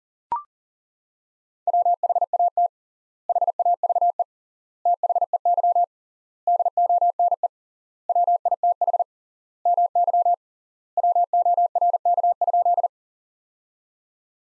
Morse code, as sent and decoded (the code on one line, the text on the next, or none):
.-- .... .- - / .... .- ...- . / - .... . -.-- / -.. --- -. . / .-- .. - .... / -- -.-- / .-- --- .-. -.- ..--..
WHAT HAVE THEY DONE WITH MY WORK?